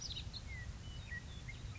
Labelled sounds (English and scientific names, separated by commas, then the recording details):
Western Meadowlark (Sturnella neglecta)
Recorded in Sonoma County, California